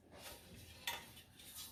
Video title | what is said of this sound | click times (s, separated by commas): Pampered Chef's Deluxe Grill and Griddle Pancakes | Click. Once you hear that, you know you're good to go. | 0.9 s